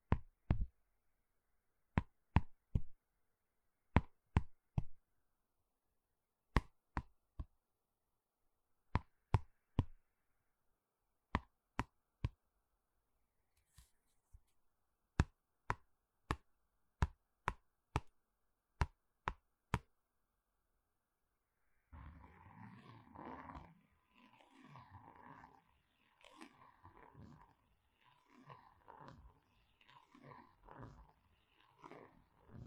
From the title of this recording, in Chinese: 笔芯、本子、圆珠笔、键盘